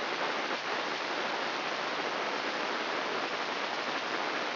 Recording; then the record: brain microelectrode recording played as sound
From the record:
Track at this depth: outside the subthalamic nucleus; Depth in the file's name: 0.115 mm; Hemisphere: left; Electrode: 3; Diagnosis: Parkinson's disease